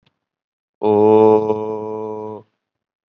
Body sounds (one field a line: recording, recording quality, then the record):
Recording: sustained vowel as in boot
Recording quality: excellent, no background noise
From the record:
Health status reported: COVID-19 positive, mild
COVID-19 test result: positive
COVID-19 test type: RT-PCR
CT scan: not taken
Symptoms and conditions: cough, fever, fatigue, muscle pain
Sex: male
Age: 20 years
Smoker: no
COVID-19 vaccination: one dose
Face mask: worn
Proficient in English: yes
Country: India